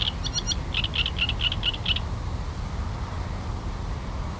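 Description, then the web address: Great reed warbler song: a run of harsh, grating syllables repeated in quick succession for about two seconds, then stopping, over steady low rumbling background noise. Recorded on 23 June. "linnut rastaskerttunen 2306"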